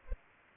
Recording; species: mosquito wingbeat signal from an infrared sensor; Culex pipiens